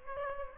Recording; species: mosquito wingbeat signal from an infrared sensor; Aedes aegypti